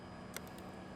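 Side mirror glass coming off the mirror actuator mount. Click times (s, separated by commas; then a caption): 0.4 s. A side mirror glass is pried off its plastic backing and motor mount (the mirror actuator) with a pry tool and a microfiber cloth. A single sharp click at 0.4 s stands out over steady background noise, followed by two fainter ticks. The glass releases from the mount.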